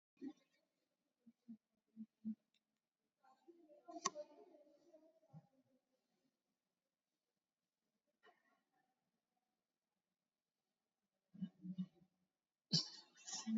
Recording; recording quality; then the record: deep breathing; poor, much background noise or distortion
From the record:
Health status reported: COVID-19 positive, mild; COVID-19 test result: positive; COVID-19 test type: RT-PCR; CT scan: taken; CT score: 2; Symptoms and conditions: sore throat, fever, diabetes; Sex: female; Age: 70 years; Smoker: no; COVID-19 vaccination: none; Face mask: worn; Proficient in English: yes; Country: India